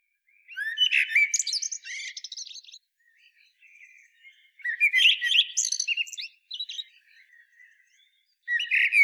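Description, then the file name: Common blackbird singing repeated phrases several seconds apart, each mellow fluted notes giving way to high scratchy twitters, with soft quiet notes between. "Turdus merula"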